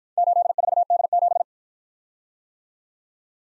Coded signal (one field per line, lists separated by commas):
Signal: Morse code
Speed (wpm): 53 wpm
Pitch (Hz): 700 Hz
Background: none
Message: 84D7